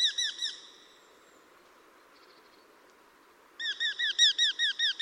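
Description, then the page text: Eurasian hobby calling: a short burst of sharp, downslurred notes, a pause of near silence, then a fast series of many similar notes. "Patrik berg - Чеглок (Falco subbuteo)"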